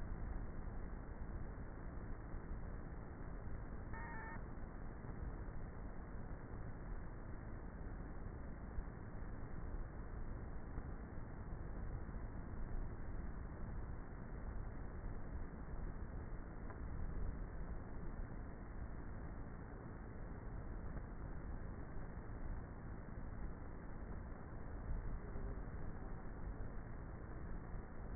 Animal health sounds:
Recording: honeybee colony, microphone inside the hive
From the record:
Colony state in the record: queenless with a low population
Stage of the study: before two queens were removed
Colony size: about 30,000 bees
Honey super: no

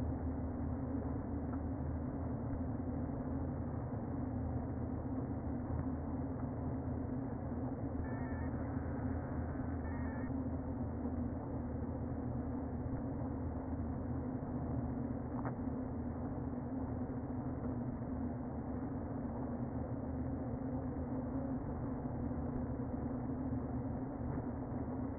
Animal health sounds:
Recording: honeybee colony, microphone inside the hive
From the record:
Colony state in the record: queen present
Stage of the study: before two queens were removed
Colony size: about 60,000 bees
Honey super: yes

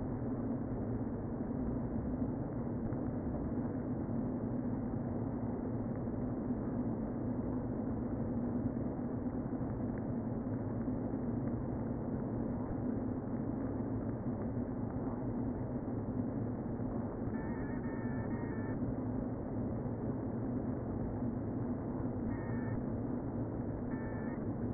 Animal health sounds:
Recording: honeybee colony, microphone inside the hive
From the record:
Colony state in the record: queen present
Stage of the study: before two queens were removed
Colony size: about 60,000 bees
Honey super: yes

